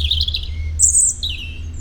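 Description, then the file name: European robin giving a short song fragment of high warbled notes, a thin sustained whistle, a very high squeaky burst and a falling note, with low background hum. "Erithacus rubecula"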